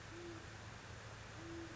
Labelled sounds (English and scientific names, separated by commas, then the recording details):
Great Horned Owl (Bubo virginianus)
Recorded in Sonoma County, California